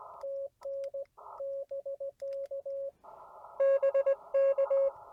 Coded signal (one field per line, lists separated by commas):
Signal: Morse code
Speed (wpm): 17 wpm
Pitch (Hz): 550 Hz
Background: radio noise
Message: TN BK BK